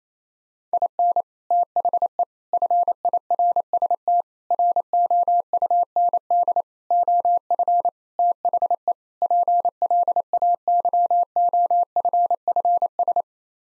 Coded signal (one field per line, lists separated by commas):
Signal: Morse code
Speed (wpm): 28 wpm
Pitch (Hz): 700 Hz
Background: none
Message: IN THE FIRST ROUND OF THE PLAYOFFS